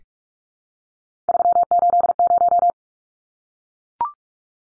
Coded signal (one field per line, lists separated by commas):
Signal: Morse code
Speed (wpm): 44 wpm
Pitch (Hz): 700 Hz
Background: none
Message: 380